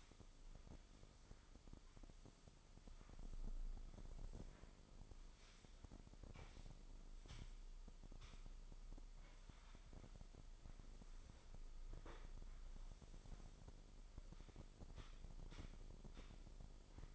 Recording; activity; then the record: daily activity, microphone in the room; sweep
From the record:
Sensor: 5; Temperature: 24.6 degrees Celsius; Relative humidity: 32.2%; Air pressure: 996.1 hPa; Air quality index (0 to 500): 100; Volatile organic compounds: 6 ppm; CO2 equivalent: 1921 ppm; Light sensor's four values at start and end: 40/98/40/42 and 44/105/43/46